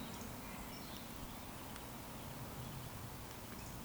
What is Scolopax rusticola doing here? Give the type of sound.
whistle